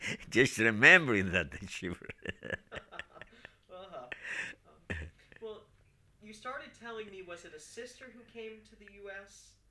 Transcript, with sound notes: Just remembering that I shiver. (they laugh)
Well, you started telling me, was it a sister who came to the U.S.?